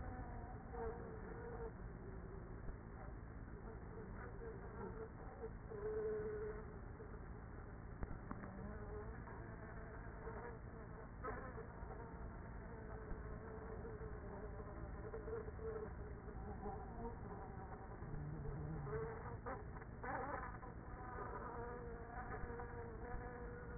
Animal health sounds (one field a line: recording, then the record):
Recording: honeybee colony, microphone inside the hive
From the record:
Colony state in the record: queenless with a low population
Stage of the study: after two queens were removed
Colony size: about 30,000 bees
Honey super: no